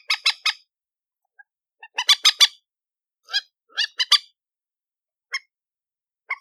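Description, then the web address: Chicken uttering harsh, noisy squawks in tight runs of three or four, with scattered single notes. "aswat Dajaj Alma"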